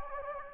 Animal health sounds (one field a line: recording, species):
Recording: mosquito wingbeat signal from an infrared sensor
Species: Anopheles gambiae